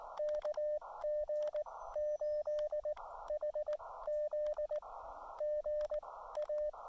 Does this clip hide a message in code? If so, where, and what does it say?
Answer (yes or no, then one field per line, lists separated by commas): yes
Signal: Morse code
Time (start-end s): 0.2-6.7 s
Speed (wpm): 19 wpm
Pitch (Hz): 590 Hz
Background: radio noise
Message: KG8HZ GA